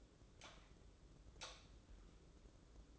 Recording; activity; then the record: daily activity, microphone in the room; light on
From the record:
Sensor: 3